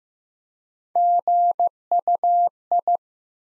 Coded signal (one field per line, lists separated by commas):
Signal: Morse code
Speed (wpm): 15 wpm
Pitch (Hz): 700 Hz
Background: none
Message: GUI